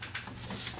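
An engine part is handled and fitted toward its mount on the intake manifold while the intake manifold area of a Honda Odyssey is being reassembled. Soft handling noises are heard, with brief knocks near 0.0, 0.2 and 0.7 seconds. Nothing has seated or clicked into place yet.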